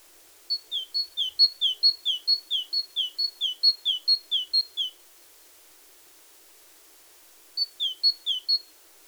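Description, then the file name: Great tit giving a long strophe of crisp two-note phrases, high then lower, repeated evenly, then a short pause and a brief second burst. "Parus major"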